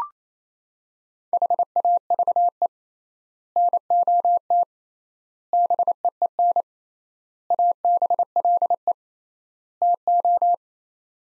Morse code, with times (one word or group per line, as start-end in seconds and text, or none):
1.3-2.7 HAVE
3.6-4.6 NOT
5.5-6.6 BEEN
7.5-8.9 ABLE
9.8-10.5 TO